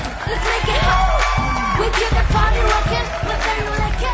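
A loud, steady burst of cheering with high whoops and shouts over scattered clapping, sustained without a break for about four seconds, welcoming three female guests to the studio of the Cadena 100 radio programme Mi Música es tu Música.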